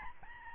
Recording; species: mosquito wingbeat signal from an infrared sensor; Aedes albopictus